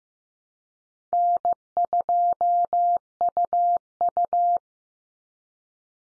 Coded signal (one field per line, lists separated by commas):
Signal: Morse code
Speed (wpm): 15 wpm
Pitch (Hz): 700 Hz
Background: none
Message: N2UU